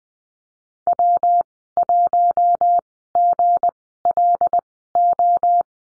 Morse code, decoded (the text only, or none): W1GLO